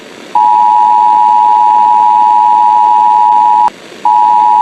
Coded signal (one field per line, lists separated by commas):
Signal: Emergency Alert System (SAME) tones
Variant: 853 and 960 Hz attention tone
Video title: Uk Terrorist attack. EAS Broadcast